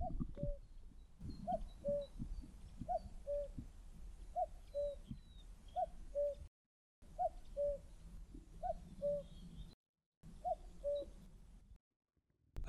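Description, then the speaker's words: Common cuckoo calling its two-note falling cu-ckoo, repeated steadily about every one and a half seconds, with low background noise. Calling at a nature park in Essex, May 2023, along a path beside a railway and a road. "Now that cuckoo calling has set off a lot of small birds, and they're all keeping lookout to try and scare it off if it comes near them."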